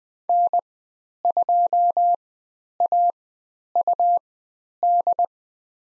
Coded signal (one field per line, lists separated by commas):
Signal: Morse code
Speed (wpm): 20 wpm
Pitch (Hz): 700 Hz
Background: none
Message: N2AUD